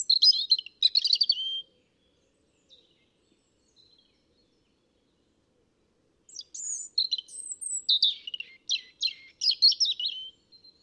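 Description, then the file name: European robin singing two separate phrases of sparkling high trills and thin whistles, divided by a long quiet gap with only a few faint notes. "Erithacus rubecula"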